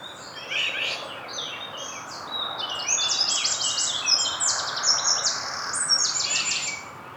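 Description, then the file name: Eurasian wren pouring out a long, energetic song of very high, rattling trills and clear notes that grows louder midway, with faint hiss underneath. "Troglodytes troglodytes"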